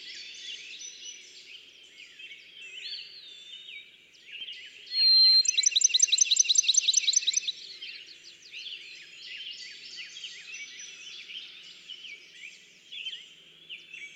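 Bachman's sparrow song: a clear whistle followed by a loud, rapid trill lasting about two seconds, amid a steady chorus of other chirping birds.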